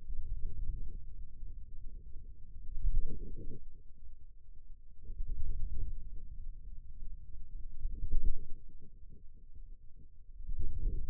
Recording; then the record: forearm muscle sounds (acoustic myography)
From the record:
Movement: wrist flexion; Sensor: system 2, bracelet of six BSWA MPA416 microphones around the upper forearm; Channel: 3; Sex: male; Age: 22 years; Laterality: right